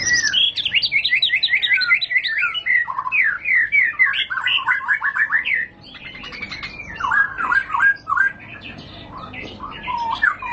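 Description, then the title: White-rumped shama singing rapid, varied phrases of slurred whistles and sharp chips, a lively tumbling sequence that softens briefly midway before resuming. High-class song used as a lure (pancingan) and as tutor material (masteran) for training caged birds. "Pancingan Murai Batu Berkelas Banyak Di Cari Buat Masteran"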